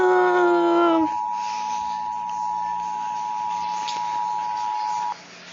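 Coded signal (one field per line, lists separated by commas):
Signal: Emergency Alert System (SAME) tones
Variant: 853 and 960 Hz attention tone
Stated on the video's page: Alarm from a 2009 tape.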